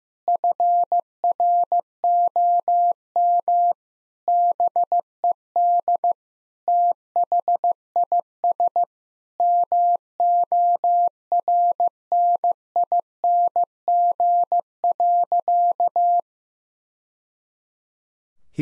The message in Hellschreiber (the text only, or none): none